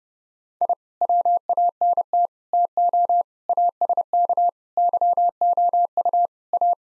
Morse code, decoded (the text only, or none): I WANT TO ASK YOU A